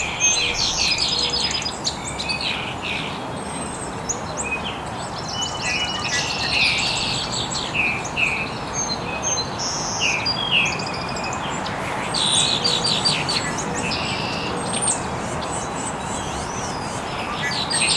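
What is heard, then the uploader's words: Many birds chirp and trill over each other without pause in an early morning estuary, bright calls layered above a steady low rushing hum. Birds Chirping in the Early Morning. Original sounds of birds chirping very early in the morning in an estuary.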